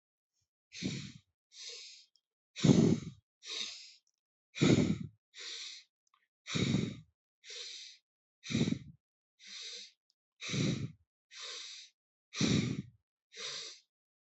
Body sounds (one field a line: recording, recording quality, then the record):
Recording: deep breathing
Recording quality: excellent, no background noise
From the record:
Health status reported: healthy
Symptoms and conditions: cough, cold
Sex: male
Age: 39 years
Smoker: not ticked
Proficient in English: yes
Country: India